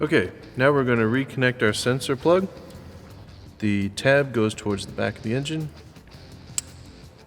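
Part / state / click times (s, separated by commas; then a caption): sensor wiring plug into VVT solenoid connector on engine / seated / 6.6 s. Someone talks while the electrical plug is reconnected to the VVT (VCT) solenoid sensor connector on the 5.4L engine of a 2004-2007 Ford F-150, its tab facing the back of the engine. After a brief rustle, a single sharp click at 6.6 s marks the plug latching and seating.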